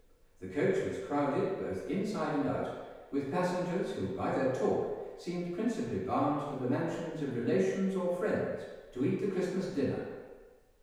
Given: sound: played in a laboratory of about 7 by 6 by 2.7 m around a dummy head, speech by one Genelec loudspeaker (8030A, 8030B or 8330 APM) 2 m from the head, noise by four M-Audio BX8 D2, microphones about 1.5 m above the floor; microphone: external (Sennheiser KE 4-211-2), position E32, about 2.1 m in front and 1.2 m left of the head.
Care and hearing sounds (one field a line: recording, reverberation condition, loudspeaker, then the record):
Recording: male speech in English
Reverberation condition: high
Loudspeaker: 150 degrees to the left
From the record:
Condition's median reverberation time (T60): about 1300 ms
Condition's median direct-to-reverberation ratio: about -4.0 dB